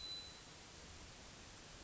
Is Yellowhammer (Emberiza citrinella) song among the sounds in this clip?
no